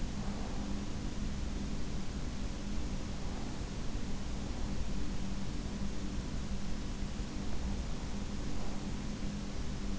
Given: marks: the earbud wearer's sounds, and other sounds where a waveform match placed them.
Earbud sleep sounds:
sounds in sleep by an in-ear microphone; breath
0.00-1.48 s: breath

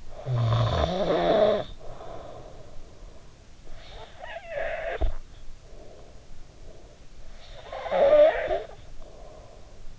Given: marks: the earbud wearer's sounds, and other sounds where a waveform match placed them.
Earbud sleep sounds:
sounds in sleep by an in-ear microphone; snoring breath
0.00-3.40 s: snoring breath
3.69-7.06 s: snoring breath
7.17-9.95 s: snoring breath

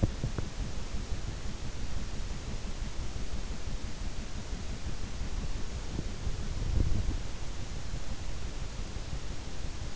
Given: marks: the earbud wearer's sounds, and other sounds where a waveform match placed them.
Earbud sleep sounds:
sounds in sleep by an in-ear microphone; teeth grinding
0.00-0.48 s: teeth grinding
6.62-7.20 s: sound from someone else or the room

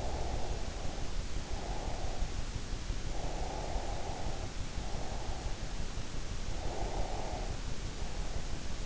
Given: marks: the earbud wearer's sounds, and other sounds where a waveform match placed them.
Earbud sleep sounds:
sounds in sleep by an in-ear microphone; breath
0.00-2.34 s: breath
3.13-5.43 s: breath
6.48-8.32 s: breath

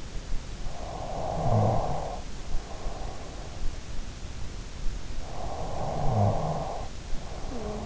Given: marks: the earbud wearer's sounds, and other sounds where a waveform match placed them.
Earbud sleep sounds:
sounds in sleep by an in-ear microphone; snoring breath
0.58-3.44 s: snoring breath
2.77-3.35 s: sound from someone else or the room
4.87-7.86 s: snoring breath

